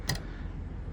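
The gas-strut handbrake lever on the drawbar of a Bailey Pursuit 570 caravan is pulled all the way back, and its ratchet gives a sharp click at 0.1 s over a low background hum. The handbrake is fully on, since the first click alone does not mean it is fully applied.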